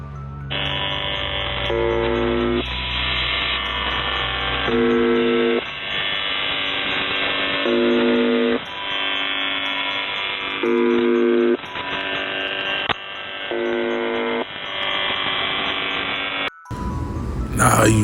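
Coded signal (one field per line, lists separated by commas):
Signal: channel marker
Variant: UVB-76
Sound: harsh low buzz repeating about every three seconds, five buzzes, under heavy static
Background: radio static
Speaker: Now you understand why they call it the buzzer, right?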